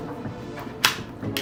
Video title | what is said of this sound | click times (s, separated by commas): DJI Ronin-S UNBOXING [Episode 01] | so super easy all you do is slide it in clicks in place | 0.9 s